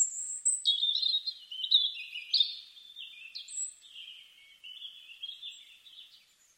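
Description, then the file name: European robin song: a long run of thin, high warbled phrases, sweeping and trilling, starting with a piercing whistle and slowly fading toward the end. "Erithacus rubecula"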